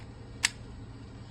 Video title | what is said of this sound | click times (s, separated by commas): Cách dùng Repeater Pipette – Chia aliquot nhanh, đều và chuẩn như chuyên gia! | Hear that nice snap? | 0.5 s